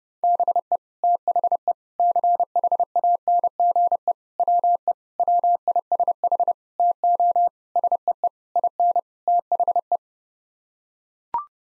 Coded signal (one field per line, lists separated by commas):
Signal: Morse code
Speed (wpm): 32 wpm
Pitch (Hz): 700 Hz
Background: none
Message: BE THE CHANGE WE WISH TO SEE IN THE